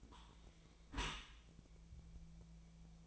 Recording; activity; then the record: daily activity, microphone in the room; close dishwasher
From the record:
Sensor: 1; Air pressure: 1000.5 hPa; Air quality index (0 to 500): 183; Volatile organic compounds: 4 ppm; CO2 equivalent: 1689 ppm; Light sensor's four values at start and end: 11/27/11/12 and 11/27/11/12